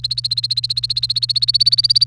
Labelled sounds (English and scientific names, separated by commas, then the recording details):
Domestic Canary (Serinus canaria) song
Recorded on 28 April 2018 at 18:09
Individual llb3